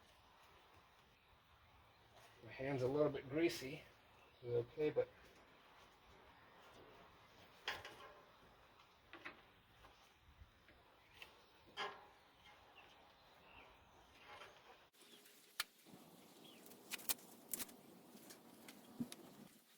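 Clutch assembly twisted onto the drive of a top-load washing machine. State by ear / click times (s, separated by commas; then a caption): not seated / none. Someone talks while handling the washer clutch ("splutch") part, lining up its slots and teeth on the drive of a top-load Maytag/Whirlpool washing machine being repaired for a grinding noise. Quiet handling follows, with scattered short sharp ticks and knocks. Nothing has seated or clicked into place yet.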